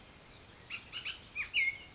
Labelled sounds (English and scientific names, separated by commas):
Bullock's Oriole (Icterus bullockii)